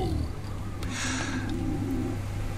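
A steady, low, gurgling rumble with a wavering, slightly tonal pitch runs through the whole 2.6 seconds: an adult's stomach giving a serious grumble. It is stomach rumbling (borborygmus), the ordinary sound of gas and fluid moving through the gut.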